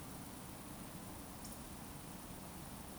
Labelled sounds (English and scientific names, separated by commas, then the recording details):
Eurasian Woodcock (Scolopax rusticola) whistle
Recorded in Baden-Württemberg, Germany, on 21 June 2020 at 20:15 UTC
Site 42618, 210 m above sea level